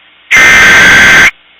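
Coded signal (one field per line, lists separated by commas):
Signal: Emergency Alert System (SAME) tones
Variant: header bursts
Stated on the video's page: Fictional EAS scenario.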